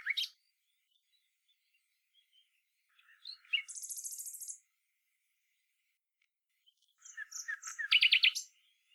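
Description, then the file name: Common nightingale song: short phrases separated by pauses, including a dense buzzy high trill and a fast run of repeated notes ending in loud clicking pulses, with quiet background. "Luscinia megarhynchos"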